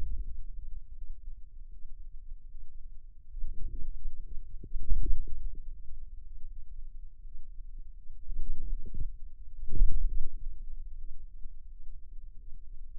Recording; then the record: forearm muscle sounds (acoustic myography)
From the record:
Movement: hand closing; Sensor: system 2, bracelet of six BSWA MPA416 microphones around the upper forearm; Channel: 5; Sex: female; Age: 23 years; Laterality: right